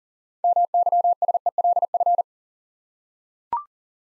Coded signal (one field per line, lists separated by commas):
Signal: Morse code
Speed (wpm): 40 wpm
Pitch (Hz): 700 Hz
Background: none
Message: MYSELF